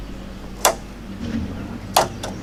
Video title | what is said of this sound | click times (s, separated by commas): Part 1 Electric Water Heater Repair, No Hot Water, MikesCarpentryPlus | you heard it click and I'll give you I'll | 0.6 s, 2.0 s